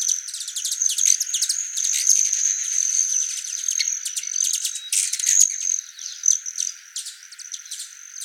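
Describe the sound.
Broad-tailed hummingbird, rapid ticking clicks over a sustained high metallic trill; low sounds are cut away.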